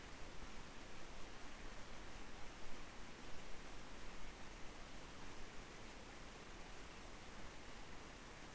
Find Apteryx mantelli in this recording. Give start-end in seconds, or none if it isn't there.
none